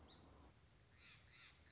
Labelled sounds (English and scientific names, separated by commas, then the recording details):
Song Sparrow (Melospiza melodia)
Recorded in Sonoma County, California